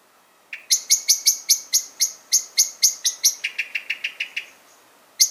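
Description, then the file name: Common blackbird uttering a fast, steady string of many sharp chink notes, the later ones lower and softer, then one last note after a pause. "Turdus merula"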